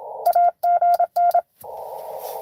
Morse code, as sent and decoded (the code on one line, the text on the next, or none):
.- --. -.
AGN